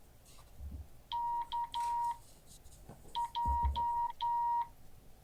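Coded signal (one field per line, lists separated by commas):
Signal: Morse code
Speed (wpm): 10 wpm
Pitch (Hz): 950 Hz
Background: none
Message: KJ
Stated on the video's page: Morse code class.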